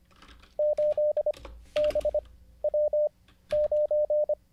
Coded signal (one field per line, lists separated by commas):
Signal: Morse code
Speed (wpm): 25 wpm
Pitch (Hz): 600 Hz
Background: none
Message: 8BW9